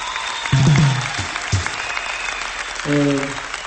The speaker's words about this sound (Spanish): Gracias. Hagámonos un aplauso.